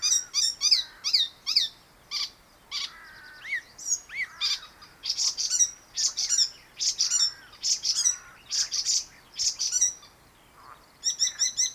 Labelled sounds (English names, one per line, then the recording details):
Icterine Warbler song
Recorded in the wild
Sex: male
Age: adult
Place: Baiersdorf, Bayern, DE
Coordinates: 49.6578, 11.0319
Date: 1962-06-17
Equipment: Stellavox SM 5, Vorverstärker, Original, Vollspur
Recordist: Tretzel, Erwin